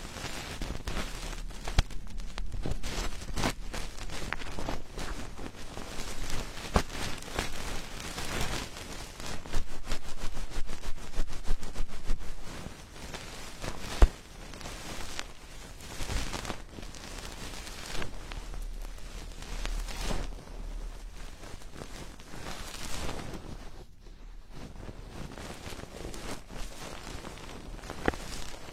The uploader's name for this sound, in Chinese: 掏耳朵